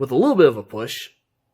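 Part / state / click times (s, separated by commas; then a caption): shoulder hinge section of a plastic transforming robot toy / not seated / none. The shoulder section of a plastic transforming robot toy is swung out on its double hinge and pushed toward place while someone talks, with the voice ending at about 1.1 s and silence after. Nothing has seated or clicked yet.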